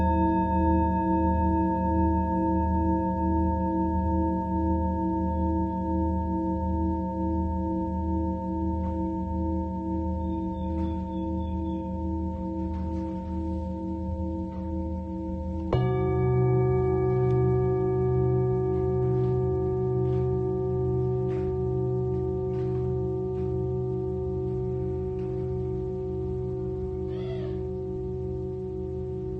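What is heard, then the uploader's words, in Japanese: Singing bowls ring in a long, steady drone, with a low pulsing hum under clear sustained tones. At about sixteen seconds a new strike brings a brighter, louder layer that slowly fades. Soft, scattered ticks and small chirps sound faintly over it. メキシコから シンギングボウルのサウンドヒーリング ライブ。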